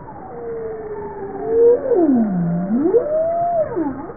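Bowhead whale call: a tonal moan that holds steady, falls into a deep swoop and climbs again, then ends with a second shorter dip, over soft underwater hiss.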